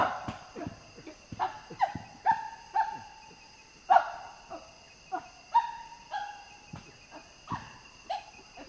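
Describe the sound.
Common chimpanzee calls, a series of short, falling hooting cries, over a steady high buzz of insects.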